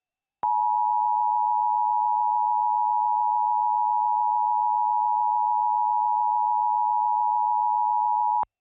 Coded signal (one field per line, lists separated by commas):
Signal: Emergency Alert System (SAME) tones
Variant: 853 and 960 Hz attention tone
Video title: EAS Mock #12: Tornado Emergency for Sacramento, CA